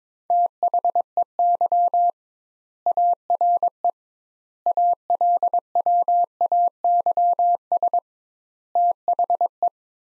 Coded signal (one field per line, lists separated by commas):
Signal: Morse code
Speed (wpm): 22 wpm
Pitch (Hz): 700 Hz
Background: none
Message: THEY ARE ALWAYS THE